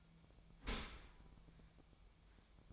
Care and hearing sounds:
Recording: daily activity, microphone in the room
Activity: open dishwasher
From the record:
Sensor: 1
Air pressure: 1004.7 hPa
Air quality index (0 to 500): 112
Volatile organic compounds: 4 ppm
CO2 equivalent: 1544 ppm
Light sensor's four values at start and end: 9/22/8/9 and 9/22/8/9

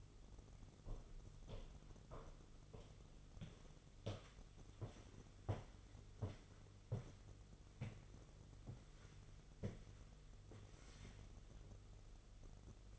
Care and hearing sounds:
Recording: daily activity, microphone in the room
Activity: walk to room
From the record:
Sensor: 4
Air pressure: 989.0 hPa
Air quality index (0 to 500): 202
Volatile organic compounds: 48 ppm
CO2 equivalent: 3269 ppm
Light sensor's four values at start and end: 29/99/37/38 and 29/98/36/38

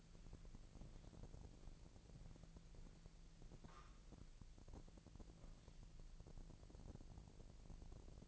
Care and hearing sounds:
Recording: daily activity, microphone in the room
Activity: walk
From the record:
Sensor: 5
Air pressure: 1002.1 hPa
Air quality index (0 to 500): 236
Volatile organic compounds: 25 ppm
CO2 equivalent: 2830 ppm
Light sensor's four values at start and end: 31/74/31/34 and 31/74/31/34

